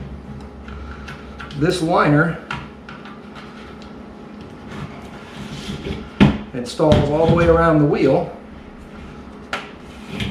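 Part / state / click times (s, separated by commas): rim liner into bicycle wheel rim / seated / 9.5 s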